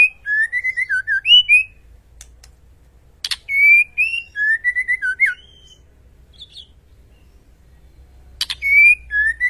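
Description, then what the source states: White-rumped shama song: bursts of clear fluting whistles around mid-high pitch, rising and falling phrases, with sharp clicking notes between bursts and long pauses. White-rumped shama song from a masteran training track for cage birds; full rolling song with shooting phrases.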